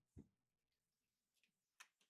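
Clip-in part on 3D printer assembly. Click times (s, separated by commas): 1.8 s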